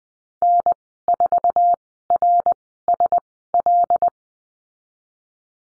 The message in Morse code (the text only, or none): N4RSL